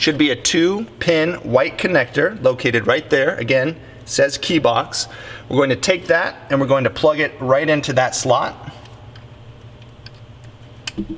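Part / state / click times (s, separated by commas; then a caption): two-pin key box connector into remote start T-harness slot / seated / 10.9 s. A white two-pin plastic connector is plugged into the key box slot on a remote start T-harness for a Sprinter van. Someone talks for most of the clip, then a few faint ticks follow in the quiet, and a sharp click at 10.9 s marks the connector seating in the slot.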